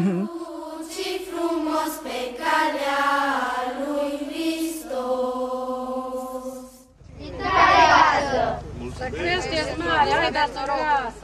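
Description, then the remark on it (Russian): Children going house to house sing a Christmas carol together as a crowd in front of the homeowners, in sustained, melodic phrases; the carol is about the Star of Bethlehem announcing the birth of Jesus. The singing then breaks off into loud, lively crowd chatter and overlapping voices. “И это как раз видео, где видно, как дети ходят по домам и прямо толпой поют перед хозяевами дома.”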